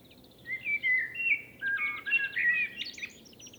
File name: Turdus merula